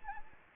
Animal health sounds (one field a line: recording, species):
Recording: mosquito wingbeat signal from an infrared sensor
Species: Anopheles gambiae